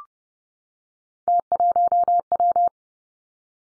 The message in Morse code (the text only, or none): T1W